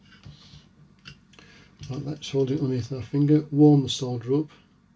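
A through-hole component, likely the trimmer resistor, on the circuit board of a Banggood CD4017 and NE555 3 x LED strobe kit is held under a finger so its solder joint can be reheated with the iron and it can be pushed down flat onto the PCB. A few faint ticks and taps come between 0.2 and 1.4 s, and then someone talks from about 1.8 s to the end. Nothing has seated or clicked into place yet.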